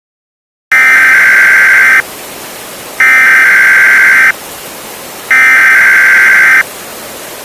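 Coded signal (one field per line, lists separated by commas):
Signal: Emergency Alert System (SAME) tones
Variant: header bursts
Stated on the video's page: Fictional EAS scenario about a hail storm and tornado outbreak.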